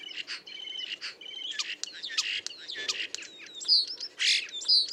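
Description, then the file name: Common starling giving a dense, varied stream of whistles, buzzy rattles, clicks and squeaky notes, with loud wheezy bursts toward the end. "Storno"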